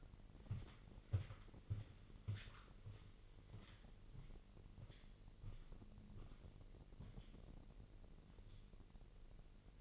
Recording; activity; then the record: daily activity, microphone in the room; walk to room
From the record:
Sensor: 4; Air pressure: 1002.8 hPa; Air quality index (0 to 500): 248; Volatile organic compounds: 10 ppm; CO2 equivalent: 2210 ppm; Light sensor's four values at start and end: 12/29/11/11 and 13/29/12/12